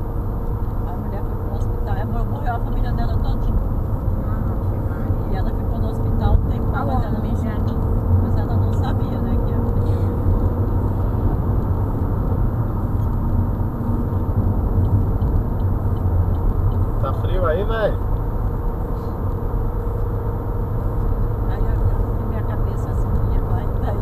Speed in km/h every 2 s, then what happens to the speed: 84, 85, 88, 91, 95, 98, 100, 100, 101, 103, 104, 105.
0-11 speeds up to 100. 11-24 steady at about 101.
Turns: none.